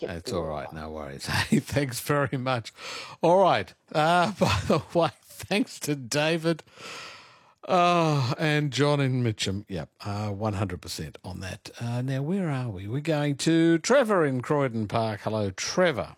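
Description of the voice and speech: An adult man speaks in a relaxed, fluent conversational style, thanking listeners and introducing the next caller, with brief natural pauses and a clear, steady, moderately low voice. Ordinary normal speech with no hoarseness, slurring or stuttering.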